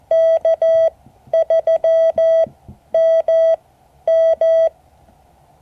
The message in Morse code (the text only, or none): K3MM